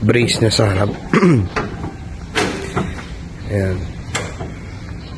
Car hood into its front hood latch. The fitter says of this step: ayan nakita niyo nagla-lock na siya